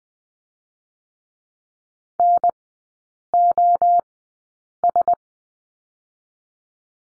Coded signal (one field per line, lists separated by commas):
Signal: Morse code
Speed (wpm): 19 wpm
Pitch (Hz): 700 Hz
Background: none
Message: N O S